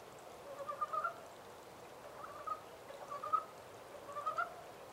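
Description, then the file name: Montane brown frog calls: a few short bursts of pulsed croaks about a second apart over a steady hiss. 14 April 2010. "yamaakagaeru-20100414"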